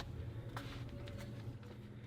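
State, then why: Seated. A wiring harness connector is pushed into its mating socket on the engine electronics and clicks in at 0.6 s, confirmed seated. The click is a short, bright snap over a steady low hum, with a few softer taps around it.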